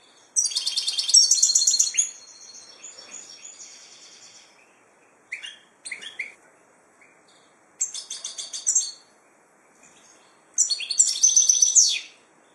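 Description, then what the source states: Finch song: several high, rattling phrases of varying length, with softer twittering notes and short chips between the louder bursts. Labelled 'drunk'; Ilam.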